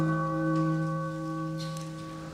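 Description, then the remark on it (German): A gong signal rings out alone, a steady metallic tone with several clear overtones that hums on and slowly fades over a couple of seconds. “Diejenigen von euch, die nun schrecklich ungeduldig sind, die können sich über Kopfhörer zwischen zwei Gongzeichen den Namen unseres Superstar-Gastes einspielen lassen.”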